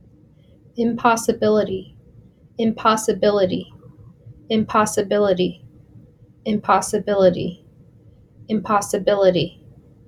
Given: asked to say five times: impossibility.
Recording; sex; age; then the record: repeated word; female; 30 to 39 years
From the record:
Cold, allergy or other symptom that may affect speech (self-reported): no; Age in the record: 31 years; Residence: Delaware, United States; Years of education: 19